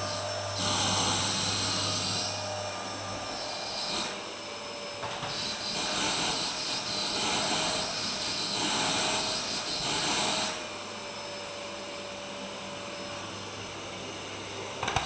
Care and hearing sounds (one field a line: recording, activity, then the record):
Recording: daily activity, microphone in the room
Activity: vacuum cleaning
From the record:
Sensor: 2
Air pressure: 999.1 hPa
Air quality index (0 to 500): 202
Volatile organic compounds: 31 ppm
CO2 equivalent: 2983 ppm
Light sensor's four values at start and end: 6/14/6/6 and 6/14/6/6